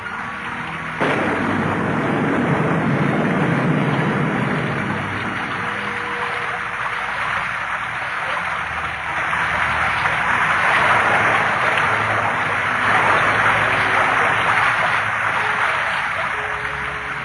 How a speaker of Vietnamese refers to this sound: Đường trơn, phố nhỏ, mưa cứ rơi dầm về.